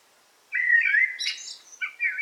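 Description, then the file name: Eurasian blackbird singing a fluty warbled phrase that breaks into a high twitter, followed by a couple of short whistled notes. Recorded in a forest on 8 July 2018. "180708 blackbird forest"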